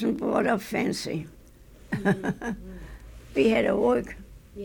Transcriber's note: she laughs